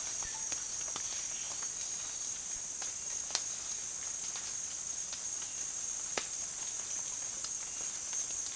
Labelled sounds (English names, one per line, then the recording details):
none
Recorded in dense forest near Puerto Asís, Putumayo, Colombia, on 19 June 2025 at 09:30
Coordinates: 0.466, -76.327
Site GP04